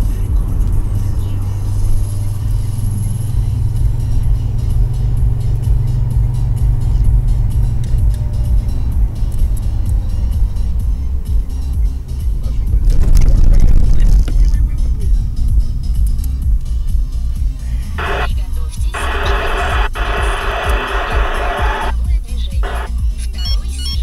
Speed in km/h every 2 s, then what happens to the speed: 75, 77, 77, 76, 71, 58, 43, 32, 18, 11, 8, 4.
0-7 steady at about 76. 7-24 brakes to 4.